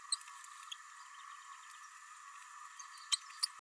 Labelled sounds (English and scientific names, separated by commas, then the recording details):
Green-rumped Parrotlet (Forpus passerinus) babbling
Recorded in a nest box in Venezuela
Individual 18B104A3